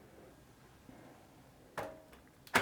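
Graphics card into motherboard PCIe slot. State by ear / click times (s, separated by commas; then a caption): not seated / none. A graphics card is handled and lowered toward the top PCIe slot of a motherboard, to be pushed down until the slot's retention latch clicks. Over a quiet background, sharp handling knocks come at about 1.8 s and 2.5 s, with a louder clack at 2.6 s. The clip ends before the card goes home, so nothing has seated or clicked yet.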